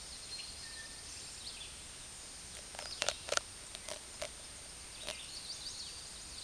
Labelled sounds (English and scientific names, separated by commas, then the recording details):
Red-eyed Vireo (Vireo olivaceus) song
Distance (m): 40 m
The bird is about 25 m above the microphone
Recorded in a Pennsylvania forest on 16 May 2024 at 08:29
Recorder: AudioMoth, point MSD-0398
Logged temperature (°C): 16.4 °C
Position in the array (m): 176 m, 73 m